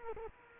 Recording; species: mosquito wingbeat signal from an infrared sensor; Culex quinquefasciatus